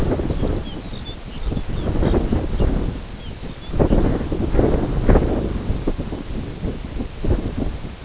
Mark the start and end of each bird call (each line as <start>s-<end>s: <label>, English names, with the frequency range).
0.17s-4.00s: Lapland Longspur (2.1-5.5 kHz)